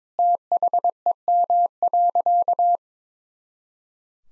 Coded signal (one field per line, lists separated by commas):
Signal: Morse code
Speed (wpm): 22 wpm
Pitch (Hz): 700 Hz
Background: none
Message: THEM.